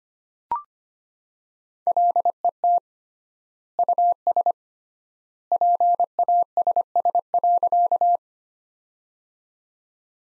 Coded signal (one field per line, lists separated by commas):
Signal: Morse code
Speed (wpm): 25 wpm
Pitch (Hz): 700 Hz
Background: none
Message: LET US PASS.